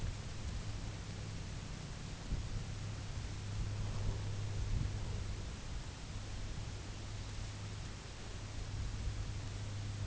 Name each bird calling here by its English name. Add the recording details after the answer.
none. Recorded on Arctic tundra, site UTQI-5, on 19 June 2019. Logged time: 22:00